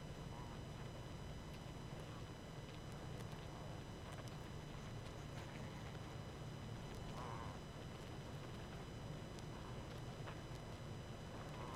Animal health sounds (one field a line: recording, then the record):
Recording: honeybee colony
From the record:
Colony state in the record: active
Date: 12 June 2018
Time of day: 20:53